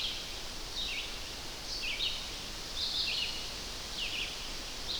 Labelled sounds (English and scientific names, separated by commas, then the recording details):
Red-eyed Vireo (Vireo olivaceus) song
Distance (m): 40 m
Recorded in boreal forest in Alberta, Canada, on 12 June 2016 at 05:45
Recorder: SongMeter 3, array SBT-3-18
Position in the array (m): 233 m, 103 m